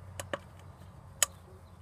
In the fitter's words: sure you hear that click in here and put